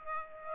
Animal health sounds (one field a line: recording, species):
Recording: mosquito wingbeat signal from an infrared sensor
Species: Aedes aegypti